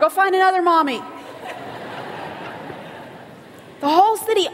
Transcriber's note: laughter